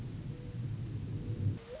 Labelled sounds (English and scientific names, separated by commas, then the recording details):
Mourning Dove (Zenaida macroura)
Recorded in Sonoma County, California